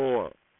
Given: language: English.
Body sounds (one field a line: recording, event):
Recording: throat vibration sensor signal played as sound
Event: speech